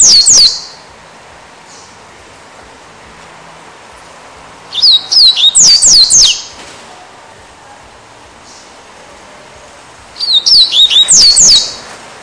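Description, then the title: Double-collared Seedeater singing brief bursts of high, descending whistled notes, three phrases roughly five seconds apart over quiet background hiss. "Canto Coleiro"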